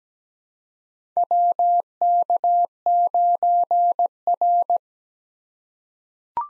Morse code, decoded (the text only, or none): WK9R